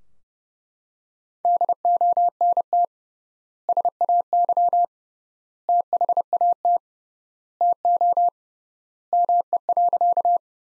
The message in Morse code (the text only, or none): DONT SAY THAT TO ME.